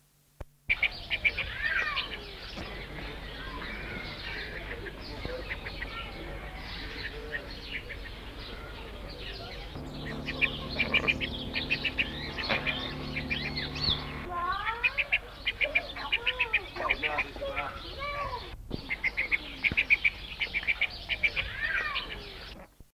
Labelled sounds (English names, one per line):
Laysan Duck call